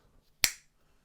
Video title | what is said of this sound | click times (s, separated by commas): What NOT to do, Your New Genesis | you should hear a click when the knife is in that's how you know that your knife is fully seated into the sheath | 0.4 s